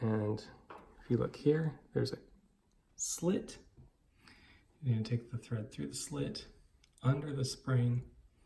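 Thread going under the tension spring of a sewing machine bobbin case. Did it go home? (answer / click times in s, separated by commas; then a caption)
no / none. Someone talks while the thread on a loaded bobbin case for a Singer 15-91 sewing machine is drawn through the slit and under the tension spring, with only a faint, brief sound near 4.3 s. The thread has not yet clicked into place under the spring, and nothing has seated.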